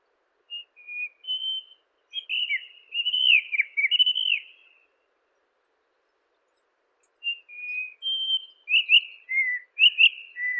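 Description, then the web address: White-throated rock thrush song: two long phrases of mellow whistles and quick slurred notes, separated by a pause of about two and a half seconds. "Monticola gularis song. birds of the ussr"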